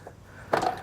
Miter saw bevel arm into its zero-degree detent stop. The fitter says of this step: locks into place